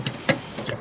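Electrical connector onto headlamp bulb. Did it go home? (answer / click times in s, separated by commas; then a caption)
no / none. A plastic electrical connector is handled as it is pushed back onto the headlamp bulb terminals of a Civic, giving three short ticks at about 0.1, 0.3 and 0.7 seconds, the middle one loudest. The clip ends before the connector goes home, so nothing has seated or clicked yet.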